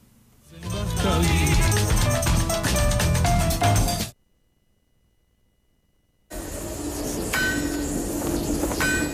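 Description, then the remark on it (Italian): Loud, ringing metallic clangs of a hammer pounding and destroying large natural gas pipes, dense overlapping strikes with bright resonant tones, broken by a couple of seconds of silence before the banging resumes. “Si vedono loro a attaccare dei canali di gas, stanno con un martello e stanno comunque distruggendo questi grossi tubi di gas naturale.”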